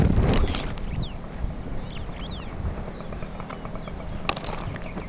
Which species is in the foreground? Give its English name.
Superb Starling